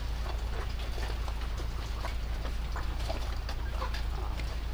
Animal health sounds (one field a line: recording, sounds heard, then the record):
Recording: poultry house recording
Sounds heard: sick chickens (respiratory disease)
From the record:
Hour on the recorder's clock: 20